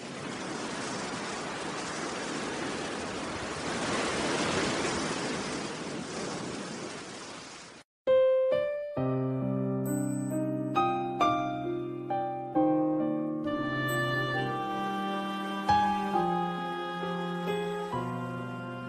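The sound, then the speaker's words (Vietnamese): A steady, soft wash of gentle, calm sea waves on a clear sea late at night under a setting moon swells and fades slightly for several seconds, then stops abruptly and gives way to calm melodic notes like piano or harp. “Đã khuya thật, trăng đã xế phía trời Tây, mặt biển trong và êm ái vô ngần. Mọi âm thanh rất hài hòa kết hợp với ánh trăng, làm nên một cảm giác thênh thênh, thư thái.”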